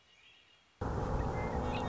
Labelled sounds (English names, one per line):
Red-winged Blackbird